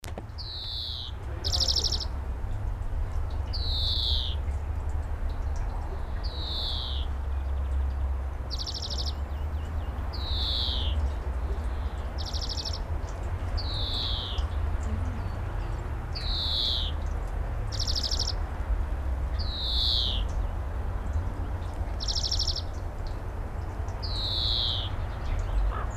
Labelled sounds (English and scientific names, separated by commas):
European Greenfinch (Chloris chloris) song